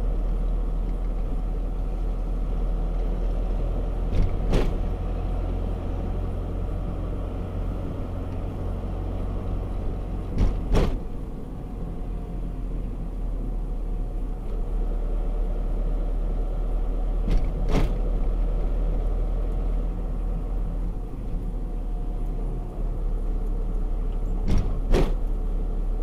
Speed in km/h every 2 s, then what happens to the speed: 28, 30, 30, 32, 32, 32, 28, 26, 27, 28, 27, 26, 25.
0-26 steady at about 28.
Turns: none.